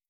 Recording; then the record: hydrophone in a shrimp aquaculture tank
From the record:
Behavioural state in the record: starved